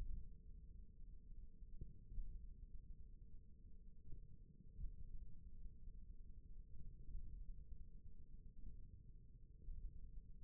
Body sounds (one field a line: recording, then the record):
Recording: forearm muscle sounds (acoustic myography)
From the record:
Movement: thumb flexion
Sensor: system 1, eight BSWA MPA416 microphones around the upper forearm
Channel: 1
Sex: male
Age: 41 years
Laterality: right